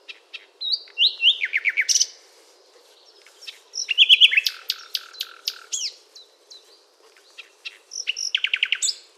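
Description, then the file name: Common nightingale singing in rich bursts of varied phrases, sharp whistles, chatters and rapid rattling trills, with short pauses between strophes. "Luscinia megarhynchos"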